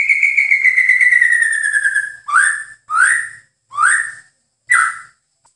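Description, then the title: White-rumped shama song, a long drawn whistle falling slowly, then four separate rising whistled notes. "MURAI BATU"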